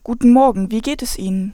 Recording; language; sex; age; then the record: spoken sentence; German; female; 20 to 29 years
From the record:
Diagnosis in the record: healthy voice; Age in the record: 22 years